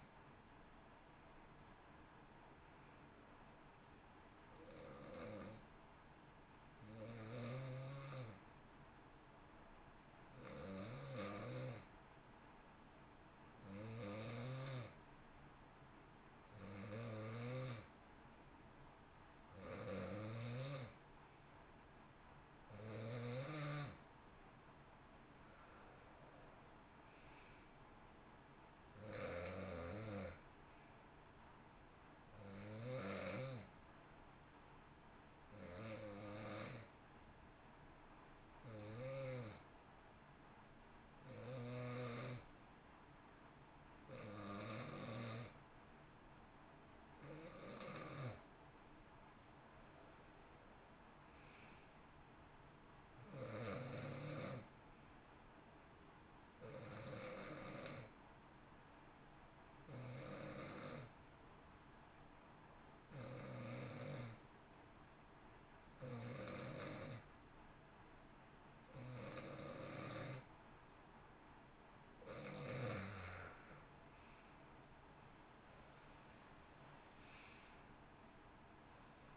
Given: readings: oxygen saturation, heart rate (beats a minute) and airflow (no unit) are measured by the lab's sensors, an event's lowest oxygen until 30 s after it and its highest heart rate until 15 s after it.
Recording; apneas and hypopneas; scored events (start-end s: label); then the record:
breathing in sleep by a voice recorder at the bedside; 2
5.00-21.50 s: hypopnea (N2, oxygen 92% highest, then 88% lowest, heart rate 58 at the start, 64 highest)
15.00-45.00 s: new sleep stage, N1 (lightest sleep)
34.00-49.60 s: hypopnea (N1, oxygen 92% highest, then 88% lowest, heart rate 60 at the start, 64 highest)
45.00-79.37 s: new sleep stage, N2 (light sleep)
From the record:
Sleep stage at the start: N2 (light sleep); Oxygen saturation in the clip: 88 to 92%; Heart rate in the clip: 57 to 67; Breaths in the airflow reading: 25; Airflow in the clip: -13.7 to 12.3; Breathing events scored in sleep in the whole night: 328 in 6.3 hours asleep